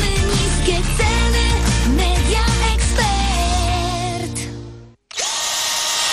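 A Bosch 12 V cordless drill-driver with 20 Nm torque, in a Leroy Merlin radio advert, whirs steadily with shifting pitch, winds down and stops briefly, then starts up again with a loud, even whine.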